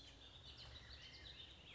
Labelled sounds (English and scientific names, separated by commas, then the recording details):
Bullock's Oriole (Icterus bullockii)
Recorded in Sonoma County, California